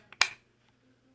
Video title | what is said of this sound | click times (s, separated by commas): Savage 110 Black Poseidon Apex Hunter XP 6.5 Creedmoor | slides right in and just pushing on the top and you can hear it snap | 0.2 s